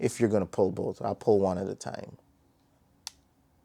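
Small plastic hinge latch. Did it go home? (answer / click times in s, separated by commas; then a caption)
yes / 3.1 s. Someone talks, then a folding arm of a V-COPTR Falcon bi-copter is pulled open on the drone body after the release is pressed and held. A single sharp click sounds at 3.1 s as the arm locks in its open position, after which it won't fold back.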